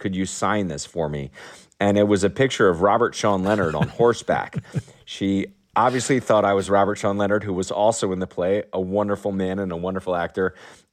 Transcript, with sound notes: Could you sign this for me? And it was a picture of Robert Sean Leonard on horseback.
(Laughter).
She obviously thought I was Robert Sean Leonard, who was also in the play - a wonderful man and a wonderful actor.